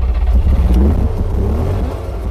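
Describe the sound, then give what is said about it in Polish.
A vintage car engine is started in gear, then chugs and revs loudly. Its deep rumbling throb rises and falls in pitch across a couple of seconds, with no voices over it. “Muszę na biegu odpalać ją.”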